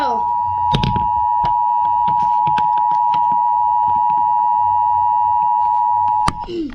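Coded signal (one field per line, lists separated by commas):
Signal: Emergency Alert System (SAME) tones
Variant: 853 and 960 Hz attention tone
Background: speech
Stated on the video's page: Severe thunderstorm warning EAS.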